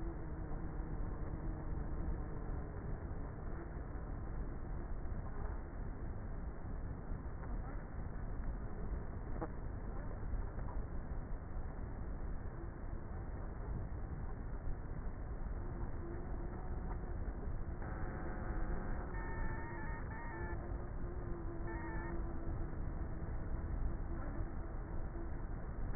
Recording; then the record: honeybee colony, microphone inside the hive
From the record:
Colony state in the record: queenless with a low population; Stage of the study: before two queens were removed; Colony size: about 30,000 bees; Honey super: no